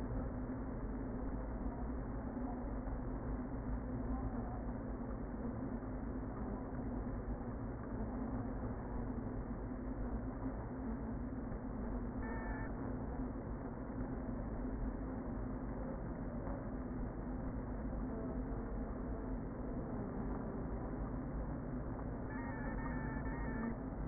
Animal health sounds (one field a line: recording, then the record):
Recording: honeybee colony, microphone inside the hive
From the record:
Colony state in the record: queen present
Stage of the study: before two queens were removed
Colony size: about 60,000 bees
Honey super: yes